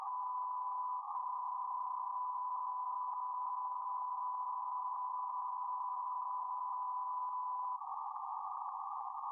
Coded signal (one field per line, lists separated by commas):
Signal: PSK31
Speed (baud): 31.25 baud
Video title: Showing off the FTDX10 PSK in the front DX near the end.